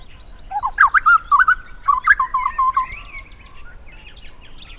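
Grey butcherbird singing a quick, looping series of melodious whistled notes, with faint other bird chirps in the background.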